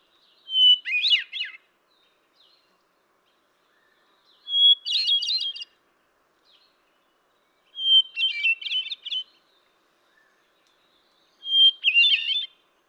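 Hermit thrush delivering four separate song phrases a few seconds apart, each a pure held whistle followed by a quick, ringing, flute-like jumble.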